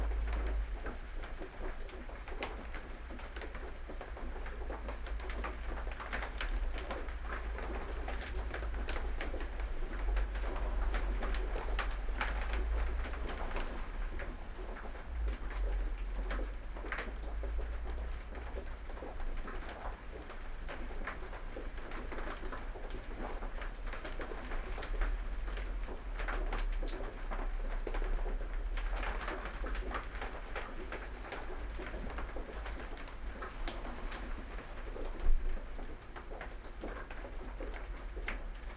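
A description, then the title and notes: A thunderstorm heard from a shed: steady dense patter of rain with a constant low rumble, and a sharper knock near thirty-five seconds. Thunderstorm. Recorded in my shed. Somercotes, Derbyshire.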